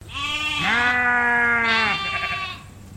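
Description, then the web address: Dorper sheep bleating: one long, steady, nasal baa lasting over a second, with shorter bleats just before and after. A group of Dorper sheep bleating. "Sound Effects-Foundation 1 ANIMAL SHEEP DORPER GROUP BAA"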